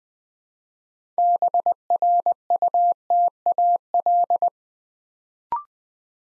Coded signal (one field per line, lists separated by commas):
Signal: Morse code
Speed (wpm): 20 wpm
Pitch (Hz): 700 Hz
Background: none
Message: BRUTAL